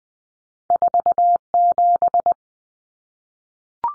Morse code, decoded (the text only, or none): 47